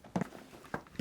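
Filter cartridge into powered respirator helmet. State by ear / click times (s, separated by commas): not seated / none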